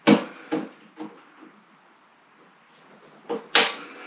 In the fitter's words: there's my click i wanted to hear